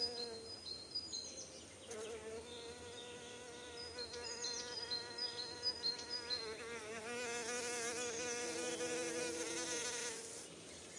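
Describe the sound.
Bee buzzing: a droning hum, briefly broken near the start, that varies slightly in pitch, with high chirping notes in the background.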